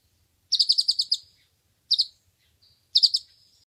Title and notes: Kacer Juara Gacor. Kumpulan Suara Burung Masteran Pilihan